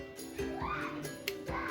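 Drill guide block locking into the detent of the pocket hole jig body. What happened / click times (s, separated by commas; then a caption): The plastic slider clicked into its detent / 1.3 s. The plastic drill guide of a Kreg 320 pocket hole jig is pushed along its setting scale until it locks into the jig body's detent at the chosen thickness position. Over steady tonal background sounds, one short, sharp click is heard at 1.3 s as the drill guide block seats in its detent.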